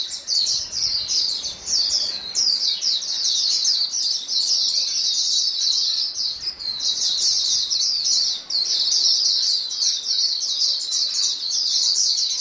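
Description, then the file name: Dense chorus of white-eyes, bright, high, rapid chirps blending into a continuous twittering wash that dips briefly now and then. A chorus of many white-eyes singing together. "paduan suara pleci"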